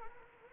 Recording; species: mosquito wingbeat signal from an infrared sensor; Anopheles arabiensis